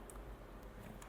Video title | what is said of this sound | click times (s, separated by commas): E&C 854 (JOHN WICK) #airsoft #airsoftcqb #airsoftph #airsoftphilippines #aimingaceairsoft | So pag lumapat na siyang ganyan, hindi pa siya nakalock. | 0.1 s, 1.0 s